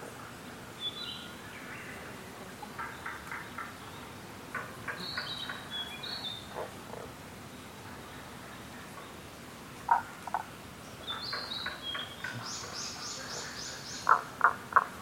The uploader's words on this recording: Rana tagoi tagoi in Kasugayama primeval forest by ototamari.